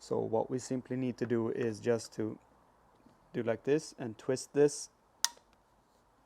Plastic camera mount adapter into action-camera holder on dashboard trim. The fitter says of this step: it locks into place and now we also have the option of then tilting